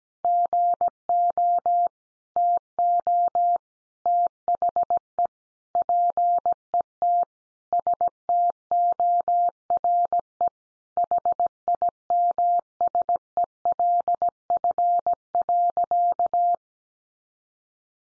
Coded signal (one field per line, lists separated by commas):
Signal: Morse code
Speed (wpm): 17 wpm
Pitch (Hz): 700 Hz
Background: none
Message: GO TO THE PET STORE HIMSELF.